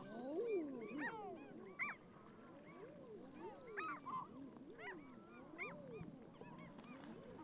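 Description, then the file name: Common eider flock calling, repeated low arched coos rising then falling, overlapped by sharper higher calls from other birds. "Edredone"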